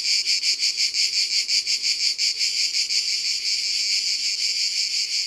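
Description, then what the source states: Cicada song: harsh, high buzzing that throbs roughly three times per second, merging toward a continuous drone near the end. Cicadas recorded at Ribes, Ardèche, France, as part of a sound-ambience collection by Studio Les Trois Becs.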